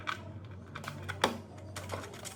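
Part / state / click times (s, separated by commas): power supply locking connector into audio mixer power socket / seated / 1.2 s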